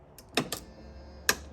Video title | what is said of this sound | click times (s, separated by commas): Mercedes GL450 Tailgate Lock Replacement (DIY Guide) | then you hear that second click. There you go. | 0.4 s, 1.3 s